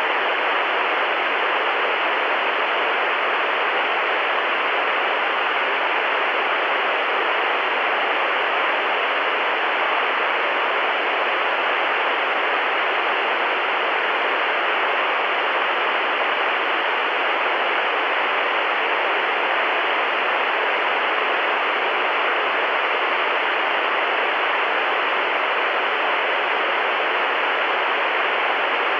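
TV static hisses without a break for the whole half minute, a dense, even rush with no events or changes in level. The hiss sits mostly in the middle and upper range, with little deep low end and a faint thin whine near the top.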